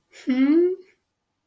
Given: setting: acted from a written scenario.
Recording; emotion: vocal sound without words; pride